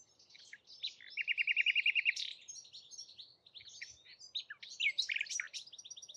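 A bird sings a rapid, even trill of repeated notes, then a varied run of high chips, slurs and twittering phrases.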